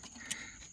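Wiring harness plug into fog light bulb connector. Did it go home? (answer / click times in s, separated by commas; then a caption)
yes / 0.3 s. A wiring harness plug is pushed onto a Lasfit LD Plus Switchback 5202 fog light bulb connector, with the tab lined up and the plug squeezed until it latches. A single short, sharp click is heard at 0.3 s over a faint steady background, and the connector is seated.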